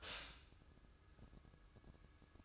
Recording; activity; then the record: daily activity, microphone in the room; stop toaster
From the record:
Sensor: 2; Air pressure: 1007.0 hPa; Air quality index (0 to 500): 38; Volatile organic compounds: 1 ppm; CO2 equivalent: 537 ppm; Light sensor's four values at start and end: 6/13/5/5 and 6/13/5/5